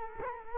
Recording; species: mosquito wingbeat signal from an infrared sensor; Culex quinquefasciatus